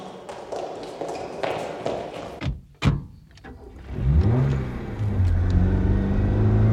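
A car engine starts up with a few sharp clunks, then revs loudly, its pitch rising and holding as the vehicle accelerates away in a steady roar.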